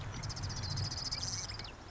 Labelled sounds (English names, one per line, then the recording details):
Marsh Wren
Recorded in Sonoma County, California